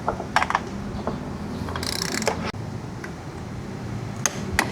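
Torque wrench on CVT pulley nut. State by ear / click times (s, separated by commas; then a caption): torque reached / 4.3 s, 4.6 s. A torque wrench set to 54 is tightened on the CVT pulley nut of a Honda ADV 160, with a few sharp mechanical ticks early on over a steady low hum. The wrench clicks at 4.3 s and again at 4.6 s, confirming it has reached its torque setting.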